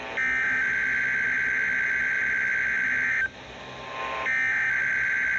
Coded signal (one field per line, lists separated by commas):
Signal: Emergency Alert System (SAME) tones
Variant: header bursts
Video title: EAS Capture #1 - NOAA Weather Radio weekly test on KEC57 / WWF67